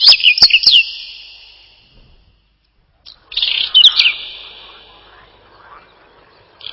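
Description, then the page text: Whinchat song: short scratchy phrases of clicks and high warbled notes separated by pauses of a few seconds, each phrase trailing off in a long ringing tail. "Луговой чекан — Saxicola rubetra"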